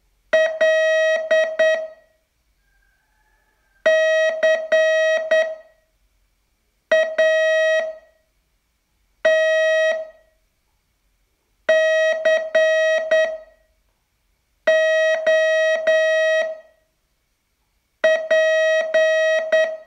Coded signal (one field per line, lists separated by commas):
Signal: Morse code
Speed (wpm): 9 wpm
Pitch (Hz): 640 Hz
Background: none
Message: L CAT COP